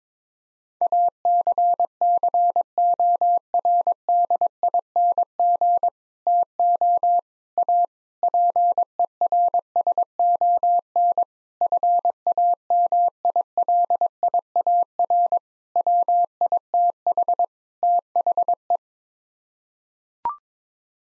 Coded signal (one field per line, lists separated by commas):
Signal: Morse code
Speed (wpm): 22 wpm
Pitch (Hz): 700 Hz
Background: none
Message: ACCORDING TO A PERSON FAMILIAR WITH THE